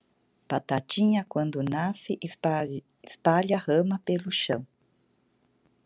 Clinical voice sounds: short text; Brazilian Portuguese; female; 50 to 59 years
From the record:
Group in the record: control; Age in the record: 53 years

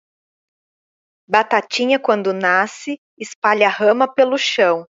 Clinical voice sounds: short text; Brazilian Portuguese; female; 30 to 39 years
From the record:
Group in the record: control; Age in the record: 39 years

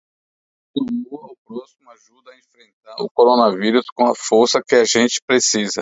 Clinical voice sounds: spoken sentence; Brazilian Portuguese; male; 60 to 69 years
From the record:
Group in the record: control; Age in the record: 60 years

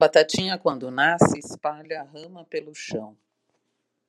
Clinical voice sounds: short text; Brazilian Portuguese; female; 50 to 59 years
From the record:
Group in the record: control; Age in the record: 52 years

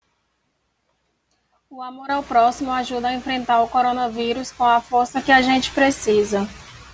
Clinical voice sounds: spoken sentence; Brazilian Portuguese; female; 20 to 29 years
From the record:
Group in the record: control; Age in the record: 28 years

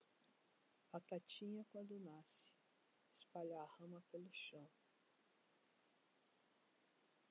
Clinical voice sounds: short text; Brazilian Portuguese; female; 50 to 59 years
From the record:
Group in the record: control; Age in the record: 50 years

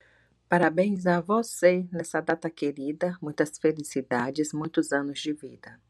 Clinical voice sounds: short text; Brazilian Portuguese; female; 40 to 49 years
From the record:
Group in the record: control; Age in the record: 42 years

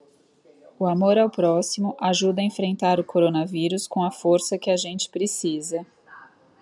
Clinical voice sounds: spoken sentence; Brazilian Portuguese; female; 40 to 49 years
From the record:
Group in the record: control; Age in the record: 45 years

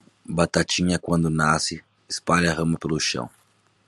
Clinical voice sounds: short text; Brazilian Portuguese; male; 20 to 29 years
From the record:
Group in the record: control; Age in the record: 29 years

